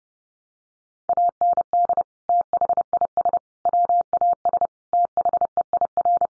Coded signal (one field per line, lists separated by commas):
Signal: Morse code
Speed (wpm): 30 wpm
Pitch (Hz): 700 Hz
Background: none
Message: AND THIS WAS THEIR